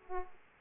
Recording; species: mosquito wingbeat signal from an infrared sensor; Aedes aegypti